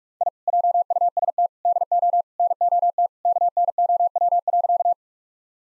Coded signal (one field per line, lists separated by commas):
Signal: Morse code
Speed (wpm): 43 wpm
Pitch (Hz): 700 Hz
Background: none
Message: I JUST DO NOT KNOW.